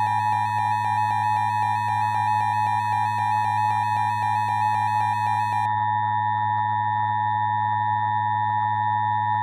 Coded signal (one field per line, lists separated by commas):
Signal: Emergency Alert System (SAME) tones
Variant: 853 and 960 Hz attention tone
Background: music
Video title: (EAS Scenario) Minneapolis Massacre Redux